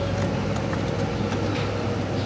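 On a 1995 Pontiac brake job, a brake pad's retaining clip is worked one-handed over the outside of the caliper, which makes it hard to fit. A steady, even background hum runs throughout, with a brief sharp contact at 0.7 s that is only fumbling contact. The clip has not snapped into place yet.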